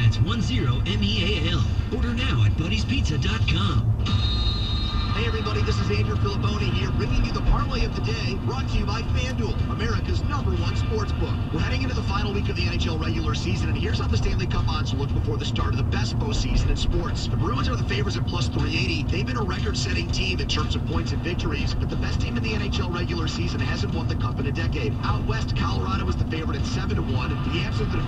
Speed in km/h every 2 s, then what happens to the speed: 35, 37, 39, 44, 42, 42, 40, 40, 44, 42, 42, 44, 42, 42.
0-5 speeds up to 44. 5-28 steady at about 42.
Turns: none.